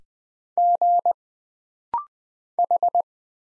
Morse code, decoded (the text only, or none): G H